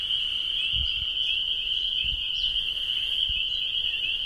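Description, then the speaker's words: Spring Peeper chorus, an unbroken shrill ringing of overlapping high peeps, with a short bird note and a few low knocks. Spring peepers calling around 7:40 in the evening in spring, a few birds mixed in, chorus building up. "It's about 20 till 8 in the evening. And the peepers are really getting wound up."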